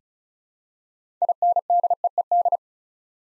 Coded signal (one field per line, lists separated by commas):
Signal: Morse code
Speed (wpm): 36 wpm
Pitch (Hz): 700 Hz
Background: none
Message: INDEED